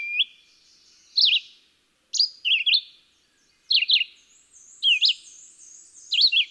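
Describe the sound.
Red-eyed Vireo giving clipped, slurred song phrases separated by short silences, each note sweeping up then down; a higher twittering bird joins in the latter half.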